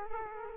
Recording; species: mosquito wingbeat signal from an infrared sensor; Culex quinquefasciatus